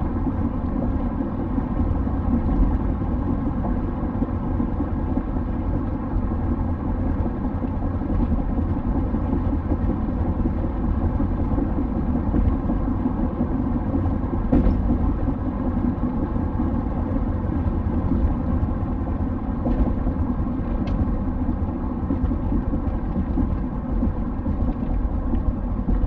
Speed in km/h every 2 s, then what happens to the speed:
92, 92, 92, 93, 93, 93, 93, 93, 89, 85, 81, 78, 77.
0-14 steady at about 93. 14-26 slows to 77.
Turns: none.